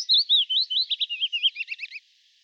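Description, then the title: Willow warbler song, a short run of liquid whistled notes dropping in pitch over about two seconds. "Sylvain Jaskowiak - Mes piafs. Pouillot fitis"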